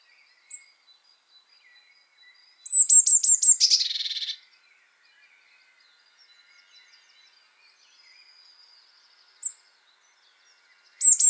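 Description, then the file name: Eurasian blue tit giving a high pinched series that breaks into a scolding buzzy churr, with a single sharp note before, another after, and another call starting at the end. "Cyanistes caeruleus"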